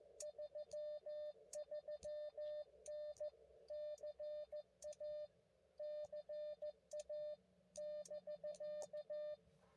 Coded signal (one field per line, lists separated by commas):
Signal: Morse code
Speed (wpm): 15 wpm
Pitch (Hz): 590 Hz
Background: none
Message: 33N CA CA <BK>